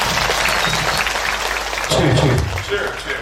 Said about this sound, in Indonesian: Tepuk tangan